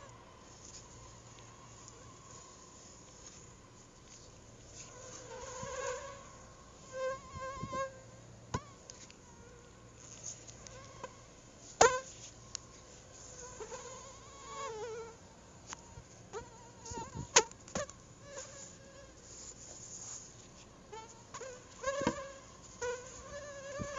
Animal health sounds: mosquito flight sound by mobile phone; Anopheles arabiensis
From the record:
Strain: Rufisque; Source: CDC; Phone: Google Nexus

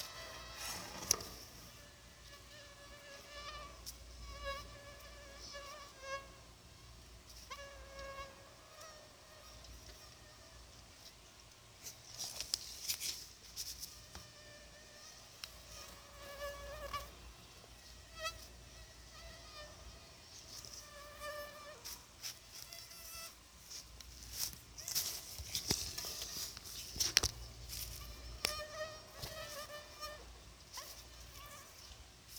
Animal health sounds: mosquito flight sound by mobile phone; Anopheles arabiensis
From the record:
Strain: Dongola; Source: CDC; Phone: Sony Xperia

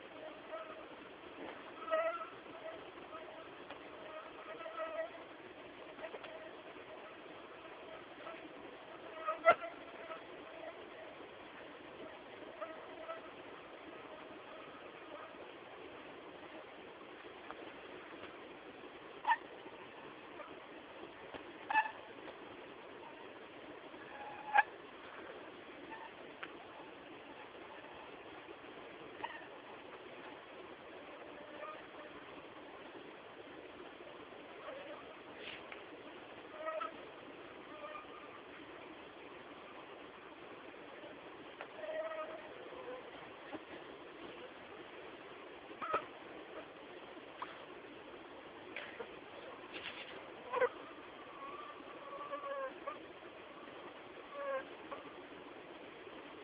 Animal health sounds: mosquito flight sound by mobile phone; Anopheles minimus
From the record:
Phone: Samsung T209

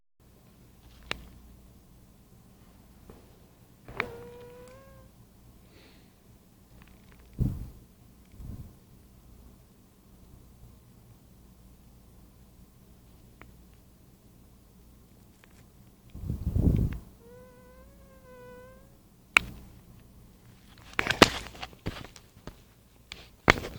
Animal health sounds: mosquito flight sound by mobile phone; Anopheles gambiae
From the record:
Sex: female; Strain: Kisumu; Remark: tethered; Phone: Nokia 5235

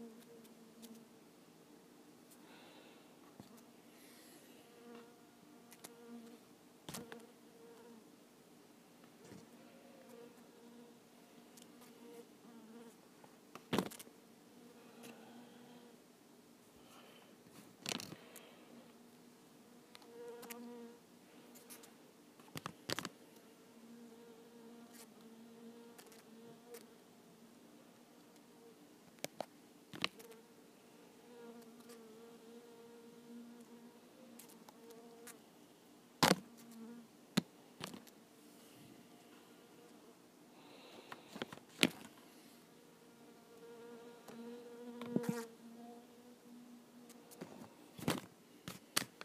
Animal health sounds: mosquito flight sound by mobile phone; Culiseta incidens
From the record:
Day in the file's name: 2

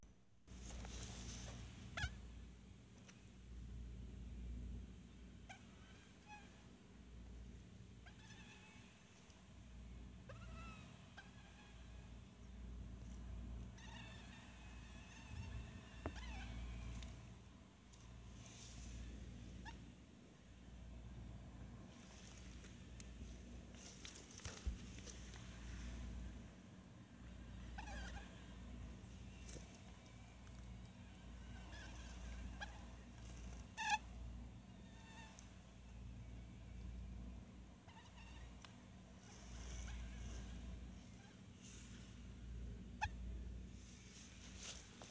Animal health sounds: mosquito flight sound by mobile phone; Anopheles stephensi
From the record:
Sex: male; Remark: in a cage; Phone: Sony Xperia

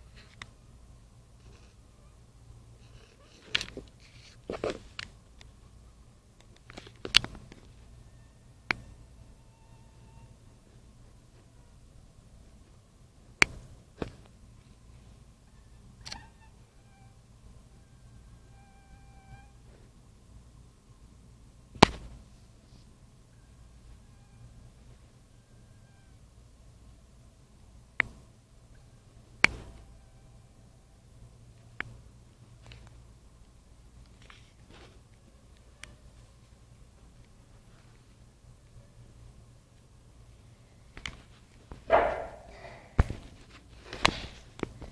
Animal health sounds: mosquito flight sound by mobile phone; Anopheles minimus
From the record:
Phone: Nokia 5235

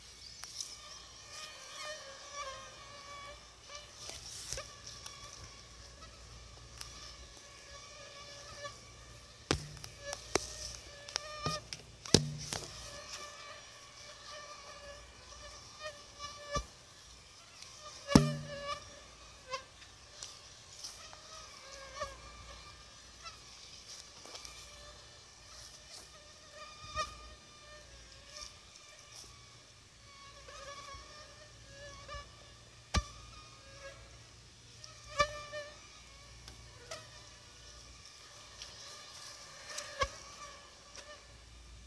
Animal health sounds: mosquito flight sound by mobile phone; Aedes aegypti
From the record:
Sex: female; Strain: 10130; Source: CDC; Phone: Sony Xperia

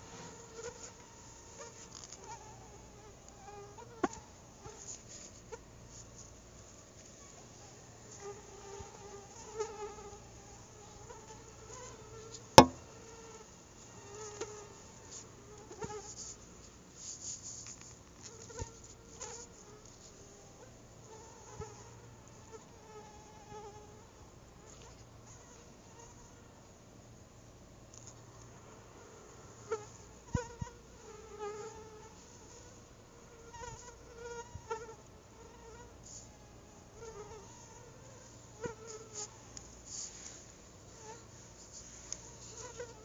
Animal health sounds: mosquito flight sound by mobile phone; Anopheles quadriannulatus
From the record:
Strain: SANQUA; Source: CDC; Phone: Google Nexus

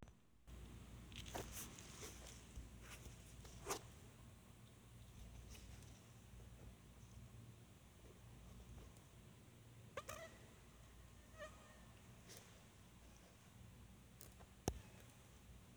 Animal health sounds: mosquito flight sound by mobile phone; Anopheles farauti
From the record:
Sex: female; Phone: Sony Xperia

